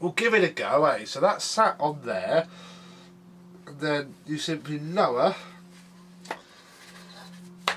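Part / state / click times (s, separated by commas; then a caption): vacuum cleaner top housing onto base housing / seated / 7.7 s. Someone talks while the upper plastic housing of a Vax 121 canister vacuum cleaner is lowered onto its lower housing with the bag fitted. The two housings click together at 7.7 seconds, seated, though not perfectly, but good enough.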